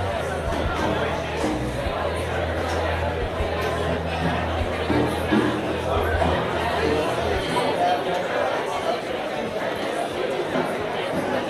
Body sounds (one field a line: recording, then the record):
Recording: background sound without coughing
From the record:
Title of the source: CITY SOUNDS Busy Bar in the Evening Night - 2 HOURS of Ambiance for Relaxation